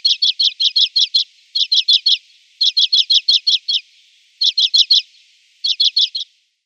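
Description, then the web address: Common Redpoll song: rapid runs of high, dry twittering notes grouped into short trills, repeated with brief gaps. "Schulze Peter Common Redpoll song"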